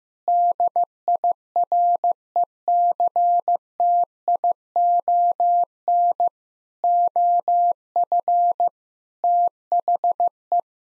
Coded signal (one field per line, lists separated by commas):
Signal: Morse code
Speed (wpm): 16 wpm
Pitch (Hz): 700 Hz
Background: none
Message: DIRECTION OF THE